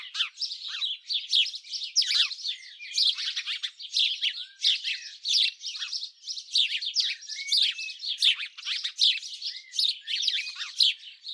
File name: Passer domesticus